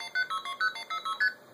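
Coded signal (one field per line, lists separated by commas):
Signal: multi-frequency trunk signalling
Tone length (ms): 100 ms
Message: 606ST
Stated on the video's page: Arduino blue box generating telephone signalling: MF R1, DTMF, CCITT 4 and 5, 2600 Hz dial pulse, red box, R2, AC1, AC9.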